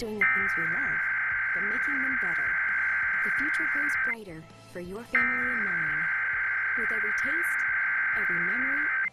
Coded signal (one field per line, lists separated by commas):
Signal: Emergency Alert System (SAME) tones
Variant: header bursts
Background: speech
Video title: TV EAS #26 and AM/FM Radio EAS #1 (EAS #36-37): Required Monthly Test, 8/14/15